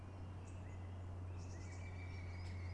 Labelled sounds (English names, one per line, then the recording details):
Great Tit
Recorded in Germany
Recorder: ecoPi